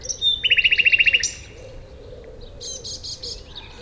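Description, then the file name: Common nightingale song opening with a rapid, even run of about twelve identical loud chopped notes, followed by quieter twitters and a brief harsh rattling section. "Luscinia megarhynchos"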